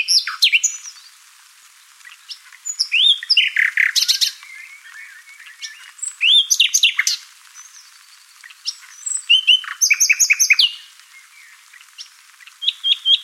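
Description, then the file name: Common nightingale singing varied phrases: sharp chirps, clear whistles and bursts of fast repeated notes, separated by short pauses. "Luscinia megarhynchos"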